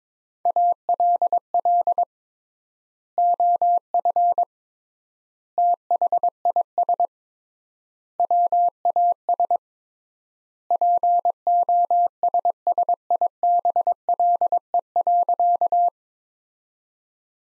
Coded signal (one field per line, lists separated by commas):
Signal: Morse code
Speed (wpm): 22 wpm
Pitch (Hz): 700 Hz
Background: none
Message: ALL OF THIS WAS POSSIBLE.